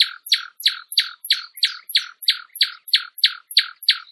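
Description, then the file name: Common nightingale song phrase: a steady run of harsh, buzzy repeated notes, about three each second, holding the same pattern throughout. "Nachtigall"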